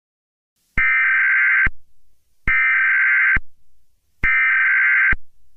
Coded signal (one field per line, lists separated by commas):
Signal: Emergency Alert System (SAME) tones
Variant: header bursts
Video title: eas scenario catemojibabyheat part 17